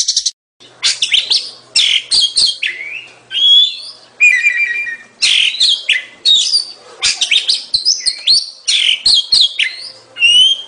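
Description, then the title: Bird song, a fast jumble of high chirps, trills and sweeping whistles in dense bursts with brief pauses. Training recording used to teach other birds. "Masteran Burung"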